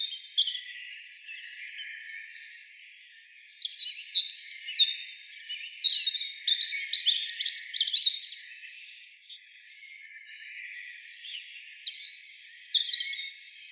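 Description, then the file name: European robin song with a long, tumbling burst of sparkling high notes and fast trills, a quieter break, then a further short, bright phrase near the end. "Erithacus rubecula"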